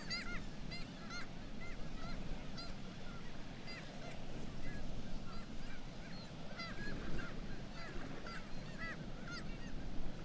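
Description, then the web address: Black-legged kittiwake calls, bursts of overlapping cries against constant deep roaring background noise. "sound Black-legged-kittiwake. صدای-پرنده-کاکایی-پاسیاه"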